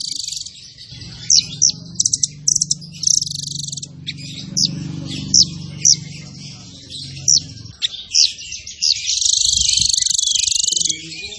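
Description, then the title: Zebra finch twittering with quick high chirps and short trills, ending in a long dense buzzy high chatter; a low hum runs under the first two-thirds. Bird singing vigorously in rapid bursts, used as a model song for training other birds. "Masteran Burung Tembakan Gacor"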